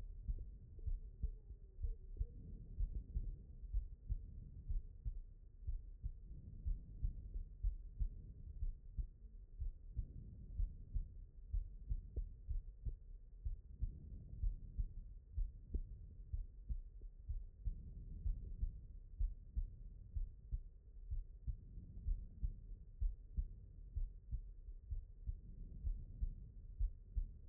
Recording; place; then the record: heart sounds by stethoscope; aortic valve (AV)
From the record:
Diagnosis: non-HFrEF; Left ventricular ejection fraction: 74%